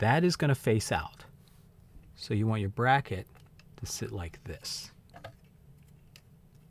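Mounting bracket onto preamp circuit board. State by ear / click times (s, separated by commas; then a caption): seated / 6.2 s. Someone talks while a metal mounting bracket is pressed onto the circuit board of a DIYRE CP5 mic preamp, with a few faint clicks and handling sounds around 5.1 to 5.3 seconds. A short, sharp snap at 6.2 seconds marks the bracket seating snugly on the board.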